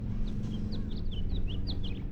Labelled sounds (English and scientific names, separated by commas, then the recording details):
House Finch (Haemorhous mexicanus) song
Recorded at Valley Stream on Long Island, New York, on 17 June 1975
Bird A